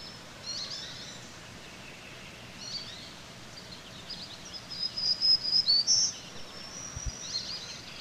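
Black-throated green warbler singing a single high, wheezy buzzing phrase midway, over a soft hiss.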